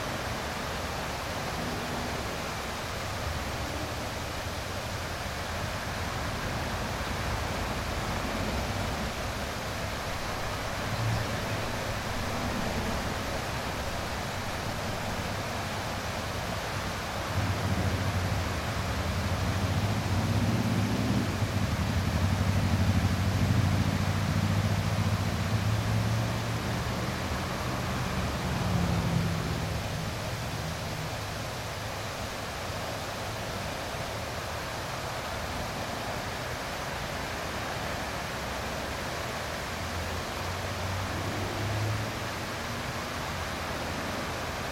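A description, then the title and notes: A steady wash of falling water fills the scene, dense and even throughout. Underneath, a low rumble of highway traffic rises and swells, strongest from about 17 to 30 seconds as a heavier vehicle passes, then settles back into the constant roar. A waterfall, a highway.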